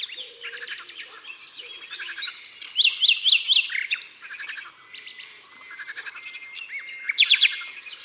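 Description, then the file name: Common nightingale song: varied phrases with rapid runs of repeated high notes and a loud series of four ringing notes in the middle. Natural concert recorded in the Drôme, France. "Rossignol philomele Concerts Naturels de la Drome Studio les Trois Becs"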